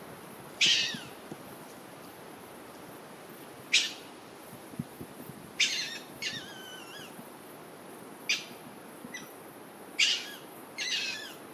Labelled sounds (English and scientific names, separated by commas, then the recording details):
Beech Marten (Martes foina) call
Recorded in the wild
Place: Kloster, Insel Hiddensee, Mecklenburg-Vorpommern, DE
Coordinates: 54.5864, 13.1039
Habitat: urban place
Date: 2012-09-08 20:52
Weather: 15°C, strong wind
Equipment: Sound Devices 702, Sennheiser MKH 415 T, Rhode Windschutz
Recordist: Frommolt, Karl-Heinz